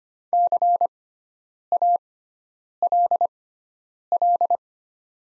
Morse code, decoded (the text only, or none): CALL